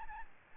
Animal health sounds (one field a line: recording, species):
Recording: mosquito wingbeat signal from an infrared sensor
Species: Aedes albopictus